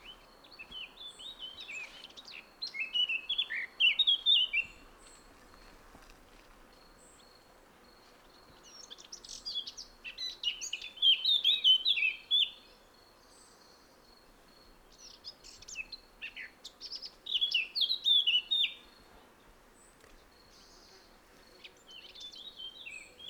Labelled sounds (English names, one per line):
Eurasian Blackcap song